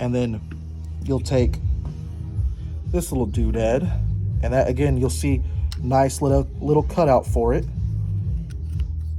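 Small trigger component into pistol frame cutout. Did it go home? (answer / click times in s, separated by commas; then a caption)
yes / 8.5 s, 8.8 s. Someone talks while pressing a small trigger-group part into its matching cutout in the polymer frame of a Gen 5 Glock pistol during a trigger change. Two quick, sharp clicks at 8.5 s and 8.8 s mark the part snapping in and seating.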